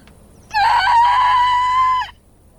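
A single loud rooster crow rings out alone, a bright, strained call held steady for about a second and a half before cutting off abruptly.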